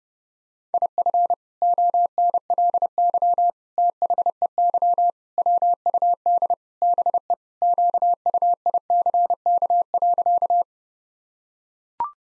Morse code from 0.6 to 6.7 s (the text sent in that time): IF ONLY THEY WUD